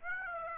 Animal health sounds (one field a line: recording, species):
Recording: mosquito wingbeat signal from an infrared sensor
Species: Aedes aegypti